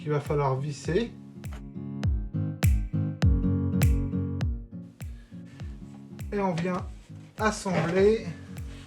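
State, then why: Not seated. A plywood drawer back is being handled and pressed toward a metal drawer side through its fitting interface, where it is meant to clip in. Someone talks over music with a steady run of sharp ticks from about 1.4 to 4.4 seconds. Nothing has seated or clicked yet.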